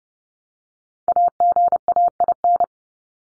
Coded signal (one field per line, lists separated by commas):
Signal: Morse code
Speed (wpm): 30 wpm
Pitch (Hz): 700 Hz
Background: none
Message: AGAIN